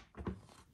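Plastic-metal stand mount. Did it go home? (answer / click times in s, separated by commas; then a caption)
yes / 0.3 s. The stand riser of a Dell S2721QS monitor, a plastic/metal part, has its tabs slid into the VESA quick-release slot on the monitor's back, is tilted slightly because the box is in the way, and is then pressed down. A soft low rustle builds from about 0.15 s into one short, dull snap-lock thunk at 0.3 s. The stand is confirmed seated and locked in.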